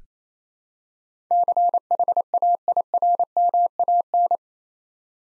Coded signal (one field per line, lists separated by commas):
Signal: Morse code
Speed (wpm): 29 wpm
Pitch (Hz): 700 Hz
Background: none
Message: CHAIRMAN